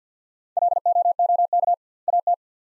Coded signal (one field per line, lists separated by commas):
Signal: Morse code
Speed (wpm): 50 wpm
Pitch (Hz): 700 Hz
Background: none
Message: LOOK AT